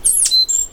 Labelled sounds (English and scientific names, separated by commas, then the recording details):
Stitchbird (Notiomystis cincta) song
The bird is a male
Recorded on Tiritiri Matangi Island, New Zealand, in 2005
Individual 10, of nest box 12